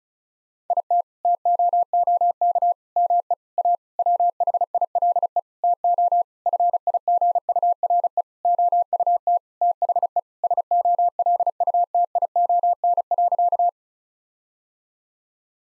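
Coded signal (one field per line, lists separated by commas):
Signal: Morse code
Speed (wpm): 36 wpm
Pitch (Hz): 700 Hz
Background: none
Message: IT TOOK ME A WHILE TO FIGURE OUT THE SOLUTION.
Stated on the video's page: Morse practice sentences built from common eight-word phrases at 35 wpm, each sent, then spoken, then sent again for head-copy.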